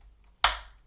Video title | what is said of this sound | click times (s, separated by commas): Oculus Quest 2 : How to Install Glasses Spacer if you Wear Eyeglasses | until you hear a click okay you just need to hear one click | 0.4 s